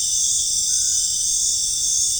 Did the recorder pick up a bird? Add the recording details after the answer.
no. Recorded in dense forest near Puerto Asís, Putumayo, Colombia, on 23 June 2025 at 19:30. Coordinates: 0.481, -76.323. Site G072